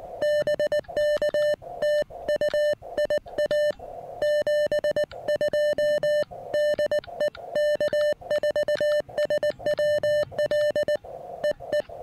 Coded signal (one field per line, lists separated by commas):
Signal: Morse code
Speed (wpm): 19 wpm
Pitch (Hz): 600 Hz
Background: music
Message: BK TU IA 72 DE K4SWL EE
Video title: How I evaluate a new POTA site plus serious QRP fun with my new-to-me Elecraft KX1